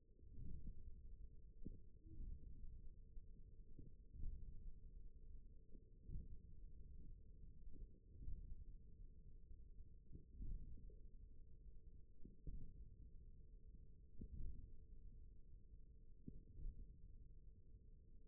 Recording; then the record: forearm muscle sounds (acoustic myography)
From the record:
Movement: thumb flexion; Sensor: system 1, eight BSWA MPA416 microphones around the upper forearm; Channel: 4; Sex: male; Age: 41 years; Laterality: right